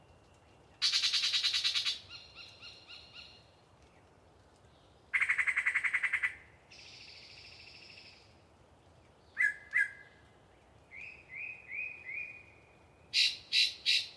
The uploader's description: A particularly chatty Yellow-breasted Chat provides us a long pre-Dawn soliloquy while hanging out in some deciduous coverage with the microphones.